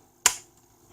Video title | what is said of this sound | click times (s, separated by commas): How To Change Your Key Fob Battery - Ford 3 Button Key - No Tools!! | can just hear that click so in theory there should work now so guys | 0.3 s